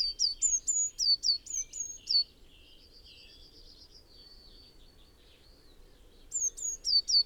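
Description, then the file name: Eurasian blue tit giving quick bursts of high, sharp notes, some hooking downward. Quieter chirps fill the pause between the bursts. "Cyanistes caeruleus"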